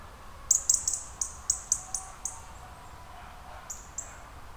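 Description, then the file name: European robin uttering a rapid series of high, thin ticking notes that slow and fade, followed after a pause by two more isolated high notes. "Erithacus rubecula"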